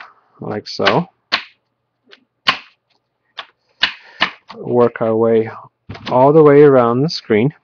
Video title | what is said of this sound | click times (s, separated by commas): Toshiba Satellite L875D Laptop Screen Replacement Procedure | once I I hear snapping sounds that's a good sign that means the bezel is coming off | 1.3 s, 2.5 s, 3.8 s, 4.2 s